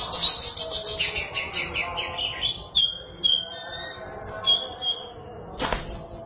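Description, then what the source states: Oriental magpie-robin song, a rapid scratchy trill followed by sharp, clear whistled notes repeated at intervals. Chirping song (kicauan) of the bird.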